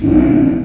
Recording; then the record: squeal of a Yucatan mini pig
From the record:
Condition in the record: after surgery on the right vocal fold (resection and tissue-engineered implant); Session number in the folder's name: 1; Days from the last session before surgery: 13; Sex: female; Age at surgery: 19 weeks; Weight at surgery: 25 kg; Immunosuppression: prednisolone